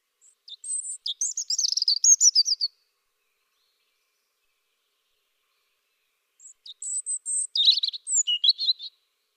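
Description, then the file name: European robin song in two separate phrases, each a thin high whistle leading into a fast, varied cascade of twittering notes, with about four seconds of silence between them. "Erithacus rubecula"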